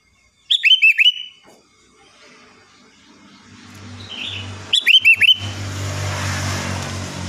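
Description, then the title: Sooty-headed bulbul song: two short bubbly phrases of four or five quick liquid notes, about four seconds apart, over a rising rumble of passing traffic. "Kutilang"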